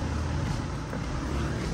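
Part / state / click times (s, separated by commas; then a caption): spark plug wire boot onto motorcycle spark plug / not seated / none. A Screaming Eagle 10mm spark plug wire boot is being handled and pressed toward the spark plug on a Harley-Davidson Low Rider S motorcycle engine. Only a steady, broadband low rumble is heard for the full 1.8 seconds, with no sharp sounds. Nothing has seated or clicked yet.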